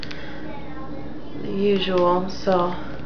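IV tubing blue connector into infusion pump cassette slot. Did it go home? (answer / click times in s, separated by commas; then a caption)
no / none. Someone handles the blue end of a TPN IV tubing set, pushing it toward the blue side of an infusion pump cassette slot, fiddly work because of longer nails. Faint handling ticks sound at the very start while someone talks over low background noise. Nothing has seated or clicked yet.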